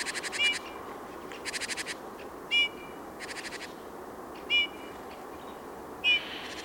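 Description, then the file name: Eurasian bullfinch calls: short whistled notes repeated at irregular intervals, alternating with bursts of rapid buzzy pulses over steady background hiss. "Pyrrhula pyrrhula"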